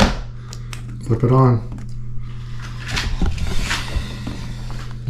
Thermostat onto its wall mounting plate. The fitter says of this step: uh it has four tabs in each corner and clicks into place and you can install